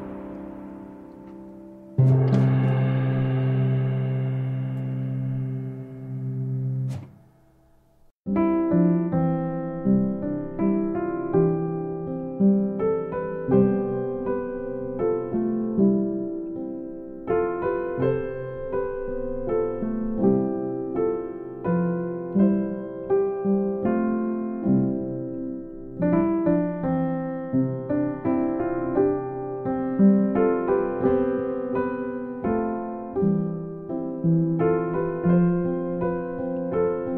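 Calm piano music opens with a sustained low ringing chord that fades into silence, then gentle, steady notes with soft pulsing chords continue throughout.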